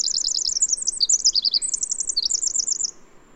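Bird song of rapid high repeated notes, several fast series of chirps and short trills, ending after about three seconds.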